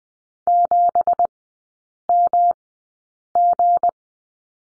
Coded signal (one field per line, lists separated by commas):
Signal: Morse code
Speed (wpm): 20 wpm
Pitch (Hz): 700 Hz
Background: none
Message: 7MG